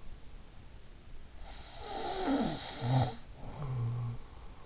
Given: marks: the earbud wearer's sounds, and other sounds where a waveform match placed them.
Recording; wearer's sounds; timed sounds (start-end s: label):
sounds in sleep by an in-ear microphone; snoring breath
1.44-4.51 s: snoring breath